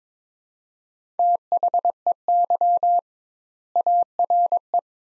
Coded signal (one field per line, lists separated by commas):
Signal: Morse code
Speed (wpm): 22 wpm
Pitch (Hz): 700 Hz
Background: none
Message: THEY ARE